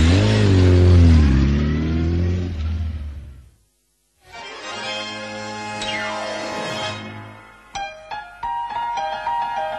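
A motorcycle engine revs loudly, its pitch wavering, then cuts out for a moment before roaring back with rising and falling sweeps. Steady tonal notes follow at the end.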